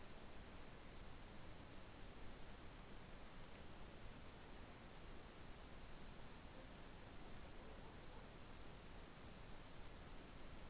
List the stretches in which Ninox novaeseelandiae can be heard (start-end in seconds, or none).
none